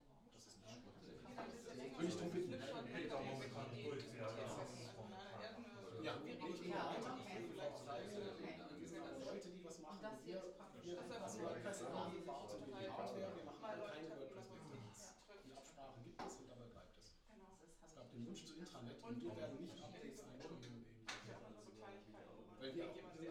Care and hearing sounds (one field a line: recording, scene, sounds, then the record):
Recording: everyday scene through a hearing-aid microphone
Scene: many people talking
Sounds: many voices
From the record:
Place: bistro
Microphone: in the ear canal, left